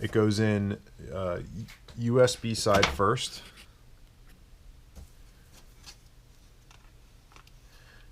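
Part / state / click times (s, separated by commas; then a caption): tablet into in-dash mounting pod / not seated / none. A Nexus 7 tablet is lined up, USB side first, in an in-dash mounting pod in a Ford Explorer, where it sits tight on the sides before being pushed home. Someone talks for the first few seconds, then faint handling taps and rubs follow around 6.7 to 7.5 seconds. Nothing has seated or clicked yet.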